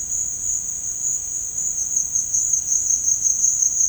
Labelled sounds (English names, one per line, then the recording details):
none
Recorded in dense forest near Puerto Asís, Putumayo, Colombia, on 27 June 2025 at 15:30
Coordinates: 0.481, -76.323
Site G072